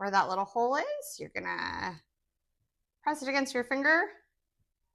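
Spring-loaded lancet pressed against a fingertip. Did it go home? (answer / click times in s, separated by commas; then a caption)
no / none. A small plastic spring-loaded finger-prick lancet, its top pulled off, is held ready to be pressed against a fingertip while someone talks. The lancet has not fired or clicked yet, and nothing has seated.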